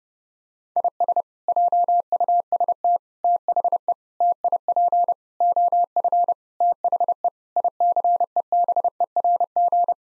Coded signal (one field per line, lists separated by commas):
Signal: Morse code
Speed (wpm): 32 wpm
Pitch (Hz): 700 Hz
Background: none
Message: IS JUST THE TIP OF THE ICEBERG